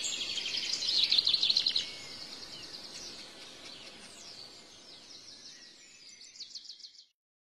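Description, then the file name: Shrike song: a loud burst of high, rapid chattering notes, then softer thin twitters and a short trill at the end. "canto do picanco grande"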